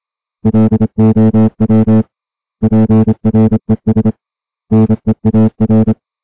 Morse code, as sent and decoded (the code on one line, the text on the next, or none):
.-.. --- .-- / .--. .-. . ... / -. . .- .-.
LOW PRES NEAR